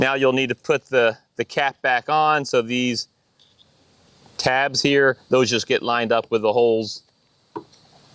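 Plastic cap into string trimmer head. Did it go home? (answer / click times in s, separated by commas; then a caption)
yes / 7.6 s. Someone talks while the plastic cap is pressed back onto the head of an EGO Line IQ string trimmer, with its tabs lined up with the holes. After the talking stops, a single short, sharp click at 7.6 s marks the cap snapping quietly into place, seated.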